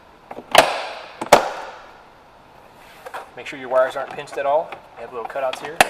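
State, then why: Seated. After a Blackvue DR650S 2CH dash camera cable is routed through the door conduit, a plastic interior trim piece is pushed back onto the car body panel. Its clips snap into place with two sharp clicks at 0.6 s and 1.3 s, and the piece is seated. Someone then talks.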